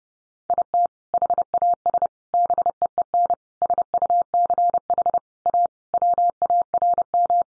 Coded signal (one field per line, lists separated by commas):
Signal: Morse code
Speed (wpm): 30 wpm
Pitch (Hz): 700 Hz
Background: none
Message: IT HAS BEEN SUCH A WARM